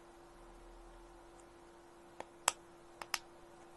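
Plastic part C of a scale model F1 car's engine assembly, from the RB19 Oracle Red Bull De Agostini build, is pressed into its mounting in a quiet setting with a steady low hum. A faint tick at 2.2 s is followed by a sharp, bright click at 2.5 s as the part seats with a tight fit, then two smaller clicks at 3.0 s and 3.1 s.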